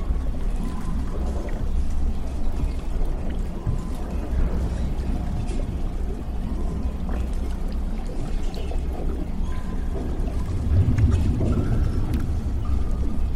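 A damaged underwater lab ambience: a steady, dense low rumble with a churning, pouring water texture running throughout. Faint metallic tones and small clicks surface now and then, and a brief heavier low surge swells near the end.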